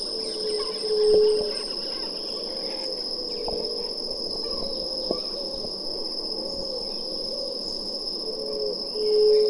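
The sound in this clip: White-tipped dove, two low, even coos, one near the start and one at the end, with a persistent high-pitched insect drone and faint bird notes between.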